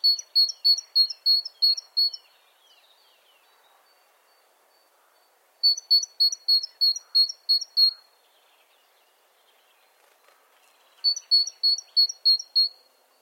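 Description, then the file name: Great tit song in three bursts of several ringing two-note phrases, separated by pauses with faint chips from other small birds. "Parus major"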